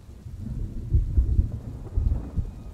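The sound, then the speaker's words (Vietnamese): A thunderstorm: deep, rolling thunder rumbles in heavy waves beneath a steady hiss of pouring rain, with no voices present. “Nhưng rồi tiếng mưa, tiếng sét ầm ầm át luôn cả tiếng của tôi.”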